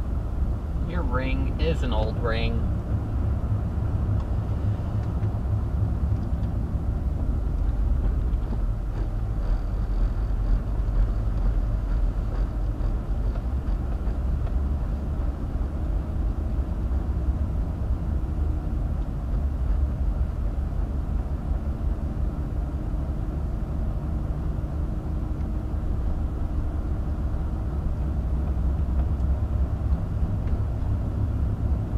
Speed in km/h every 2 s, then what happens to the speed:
26, 29, 32, 26, 18, 16, 21, 24, 26, 23, 24, 24, 26, 26, 27, 27.
4-8 brakes to 18. 8-16 speeds up to 26. 16-32 steady at about 26.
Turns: none.